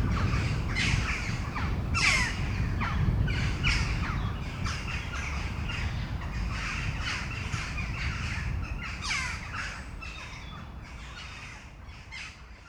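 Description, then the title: Crows cawing, dense harsh caws overlapping at an uneven pace, fading slightly toward the end, with a low rumble underneath. Crows before a storm at Domaine de Tivoli, Mechelen, Belgium; Sony PCM-M10 internal microphones. "Domaine de Tivoli, Malines, Belgique, Belgium - Corneilles avant lorage - Crows before the storm"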